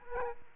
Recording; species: mosquito wingbeat signal from an infrared sensor; Aedes aegypti